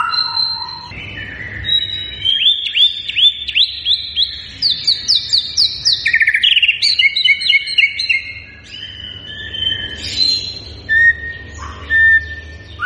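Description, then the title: White-rumped shama singing a long varied phrase: sweet whistles, a fast series of repeated upswept notes, then sharp chips and a few drawn-out whistles near the end. Lure recording meant to make birds respond; lively, persistently singing bird. "PANCINGAN MURAI BATU GACOR"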